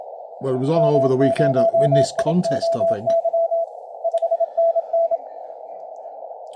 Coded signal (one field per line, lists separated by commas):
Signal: Morse code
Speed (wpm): 27 wpm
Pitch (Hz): 670 Hz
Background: speech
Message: M0IOY 5NN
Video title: 20 mtrs Da0WWA CW